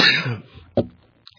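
Two harsh coughs from an adult man with a cold who has been coughing repeatedly: a longer throaty burst followed by a brief sharp one, in a small room.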